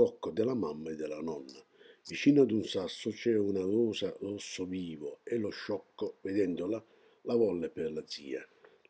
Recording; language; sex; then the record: read passage; Italian; male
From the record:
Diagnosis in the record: healthy control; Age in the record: 68 years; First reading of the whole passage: 59 s, 8.7 characters per second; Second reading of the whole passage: 51 s, 9.9 characters per second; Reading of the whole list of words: 42 s, 6.7 characters per second